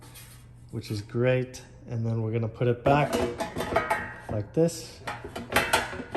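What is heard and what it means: A detachable non-stick basket holding chicken strips is lifted and put back into the outer pan of a GoWISE USA 1700-watt 5.8-quart 8-in-1 digital air fryer while someone talks over faint music. Short handling knocks sound near 3.8, 5.4, 5.6 and 5.7 seconds, but the basket has not snapped into the pan yet.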